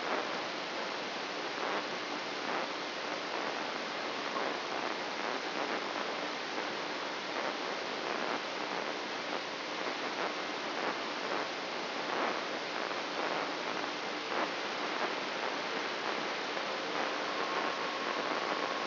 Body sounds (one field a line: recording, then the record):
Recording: brain microelectrode recording played as sound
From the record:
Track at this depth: outside the subthalamic nucleus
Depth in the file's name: 7.46 mm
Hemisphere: left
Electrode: 3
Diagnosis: Parkinson's disease